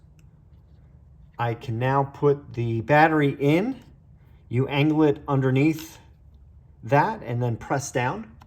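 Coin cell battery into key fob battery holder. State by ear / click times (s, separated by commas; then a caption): not seated / none. A CR2032 coin cell battery is being fitted into the battery holder of a key fob, angled under the retaining tabs before being pressed down. Someone talks throughout, with faint handling sounds underneath. The clip ends before the cell goes home, and nothing has seated or clicked yet.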